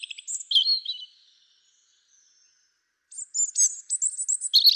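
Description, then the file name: European robin delivering high, thin warbled phrases with fluttering trills, a short opening phrase, then a longer faster jingling run after a short pause. "Erithacus rubecula"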